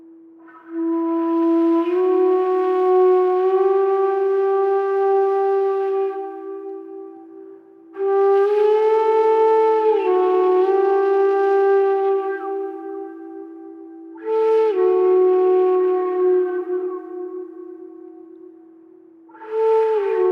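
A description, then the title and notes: A sound bath: a steady low ringing tone beneath four swelling, ringing notes, each sounding several seconds before fading, roughly every six seconds. Sound bath.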